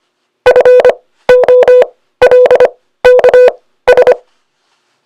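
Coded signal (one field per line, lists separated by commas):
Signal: Morse code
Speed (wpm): 24 wpm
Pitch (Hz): 500 Hz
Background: none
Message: FOLKS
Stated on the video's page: Morse code used as a musical medium.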